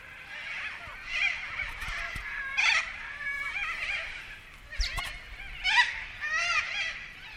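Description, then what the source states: Corellas giving scratchy, squawking calls in an overlapping flock chatter, with a few sharper notes. Pilbara, Australia.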